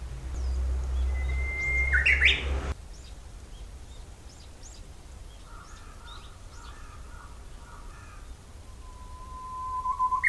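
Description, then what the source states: Japanese bush warbler singing one long held whistle that breaks into a sharp upward flourish, followed by soft chattering and the start of another whistle. Recorded 16 April 2007.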